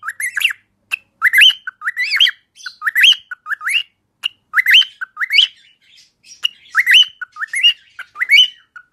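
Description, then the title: Cockatiel whistled song: short rising, slurred chirpy phrases in quick, uneven bursts. Several cockatiels singing, whistling. "Calopsitas Cantando Assobio"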